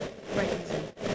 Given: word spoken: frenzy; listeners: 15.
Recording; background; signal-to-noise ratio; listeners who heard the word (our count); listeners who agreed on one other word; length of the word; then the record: one English word in noise, from a listening test; noise modulated by three-talker babble; -6.0 dB; 4 of 15; 7 of 15; 0.75 s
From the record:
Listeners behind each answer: 7, 4, 2, 1, 1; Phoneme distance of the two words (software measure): 27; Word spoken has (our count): 2 syllables, 6 phonemes, stress on syllable 1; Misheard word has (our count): 2 syllables, 5 phonemes, stress on syllable 1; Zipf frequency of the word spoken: 3.50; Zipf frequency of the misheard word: 4.79